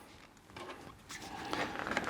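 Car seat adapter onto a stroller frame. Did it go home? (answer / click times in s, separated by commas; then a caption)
no / none. A plastic car seat adapter for a Veer Switchback stroller is handled and brought onto the top of the stroller frame, with soft rustling and scraping followed by a few short plastic knocks near 1.5, 1.9 and 2.0 seconds. Nothing has seated or clicked into place yet.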